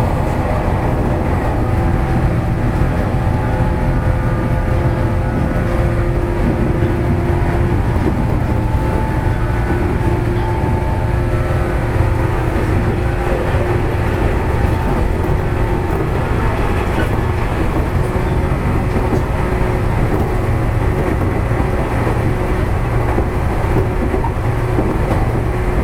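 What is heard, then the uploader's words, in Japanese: Running sound from inside a local electric train, a steady, dense low rumble that holds level for the whole stretch. Faint tonal whines from the motors hang above the rumble, and a soft rhythmic clatter of wheels on rail joints runs underneath. JR九州 415系。415系の走行音。日豊線の普通電車にて収録。区間は、大分から別府までです。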